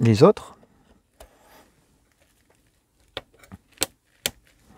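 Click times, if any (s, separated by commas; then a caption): 3.8 s, 4.3 s. A RAM stick is pressed into a motherboard DIMM slot, and the retention clips at both ends snap shut. Someone talks briefly at the start, then a few faint clicks and taps are heard before two sharp clicks at 3.8 and 4.3 seconds. The module is confirmed seated.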